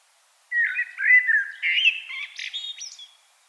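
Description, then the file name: Common blackbird song: a single phrase of low, mellow fluted warbling that breaks into a thin, squeaky high twitter at the end. "Turdus merula"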